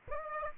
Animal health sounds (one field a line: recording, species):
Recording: mosquito wingbeat signal from an infrared sensor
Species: Aedes aegypti